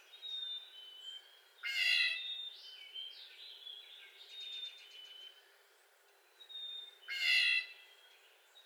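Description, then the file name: Blue jay making two coarse, nasal whiny calls separated by several seconds, while other small birds chirp and trill quietly in between. Recorded 25 April 2022; blue jay making a series of 22 whiny calls. "2022-04-25 Blue Jay making 22 whiny jay calls"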